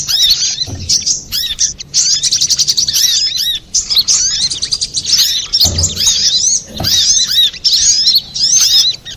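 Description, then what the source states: Little spiderhunter song: a dense, high-pitched stream of sharp chirps and fast rising and falling notes, broken by brief pauses, with a few soft low thumps. Master recording for training cage birds.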